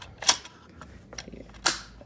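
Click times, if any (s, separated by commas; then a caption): 0.3 s, 1.7 s. A plastic blade guard is pushed back onto a vegetable spiralizer body. Two sharp, loud snaps ring out at about 0.3 s and 1.7 s, with faint clicks and rattles between them. The guard snaps into place and is seated.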